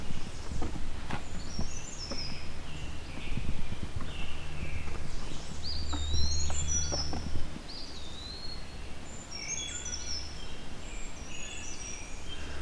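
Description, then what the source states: Brown Creeper song: very high, thin, short phrases of scattered notes, possibly two singers, with crunching footsteps and low rustling in the first half. Heard in the Halton forest, Ontario; apparently two birds singing; very high pitched, a short, simpler version of the winter wren's song.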